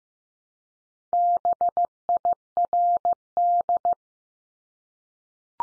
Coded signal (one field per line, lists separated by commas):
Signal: Morse code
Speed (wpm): 15 wpm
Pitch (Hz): 700 Hz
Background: none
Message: BIRD